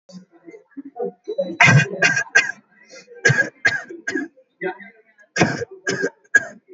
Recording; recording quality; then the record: shallow voluntary cough; moderate, slight background noise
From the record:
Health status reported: healthy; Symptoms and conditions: none ticked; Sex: male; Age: 24 years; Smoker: yes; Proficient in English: yes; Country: India